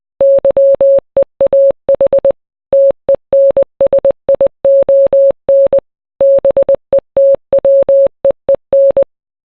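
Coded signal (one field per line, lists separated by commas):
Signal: Morse code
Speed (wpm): 20 wpm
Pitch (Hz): 550 Hz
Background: none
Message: YEAH TENSION BETWEEN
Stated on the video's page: Morse code rendition of a song.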